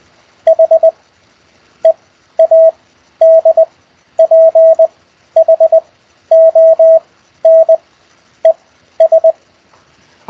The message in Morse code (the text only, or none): HEADPHONES